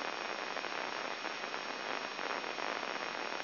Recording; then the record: brain microelectrode recording played as sound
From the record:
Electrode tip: inside the subthalamic nucleus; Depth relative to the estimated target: -2 mm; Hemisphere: left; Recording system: AlphaMap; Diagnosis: Parkinson's disease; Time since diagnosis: 7 years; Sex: male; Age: 59 years